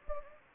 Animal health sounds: mosquito wingbeat signal from an infrared sensor; Anopheles gambiae

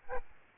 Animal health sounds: mosquito wingbeat signal from an infrared sensor; Aedes albopictus

